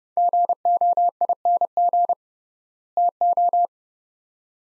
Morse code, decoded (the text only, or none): GOING TO